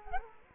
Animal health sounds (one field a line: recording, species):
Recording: mosquito wingbeat signal from an infrared sensor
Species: Culex quinquefasciatus